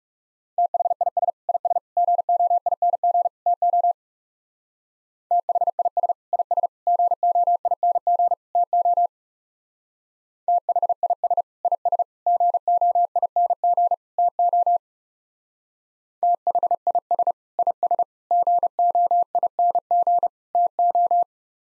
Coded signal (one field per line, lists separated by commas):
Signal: Morse code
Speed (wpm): 36 wpm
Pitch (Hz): 700 Hz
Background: none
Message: THIS IS GOING TO THIS IS GOING TO THIS IS GOING TO THIS IS GOING TO